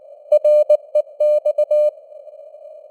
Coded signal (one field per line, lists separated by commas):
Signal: Morse code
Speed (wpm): 19 wpm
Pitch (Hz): 600 Hz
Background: none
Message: REX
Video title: Morse Code News | 2025-12-05 | 19wpm